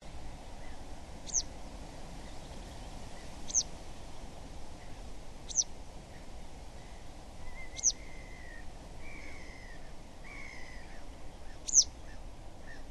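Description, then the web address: Citrine wagtail repeating short, sharp, high-pitched ticks about every two to four seconds, with faint slurred whistles in between, against constant low rushing noise. "linnut-lehti extra motcit"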